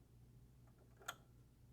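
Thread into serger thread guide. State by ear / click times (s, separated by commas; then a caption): seated / 1.1 s. Thread held taut in both hands is pushed down into the small spring thread guide at the back of a Juki MO-2800 Air Thread serger. A single short, sharp click sounds at 1.1 s over a low steady hum as the thread snaps into the guide, and it is seated in place.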